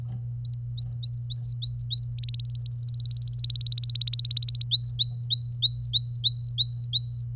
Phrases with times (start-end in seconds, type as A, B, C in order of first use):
0.45-2.09 A, 2.18-4.64 B, 4.71-7.21 A